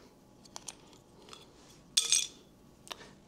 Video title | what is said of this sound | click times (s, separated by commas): Make Your Own MC4 PV Solar Wires (Step-By-Step) | till it clicks. | 2.0 s, 2.1 s